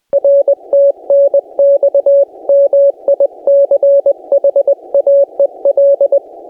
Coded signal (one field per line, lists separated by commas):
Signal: Morse code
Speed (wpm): 20 wpm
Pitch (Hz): 560 Hz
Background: none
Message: R TNX MICHAEL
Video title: What I Did Wrong: CW in a Rare Park Leads to Chaos